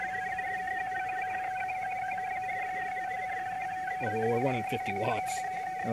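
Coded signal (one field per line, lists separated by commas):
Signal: PSK31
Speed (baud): 31.25 baud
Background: speech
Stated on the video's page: PSK31 QSO made portable from a phone with DroidPSK and a Wolphi-Link VOX interface.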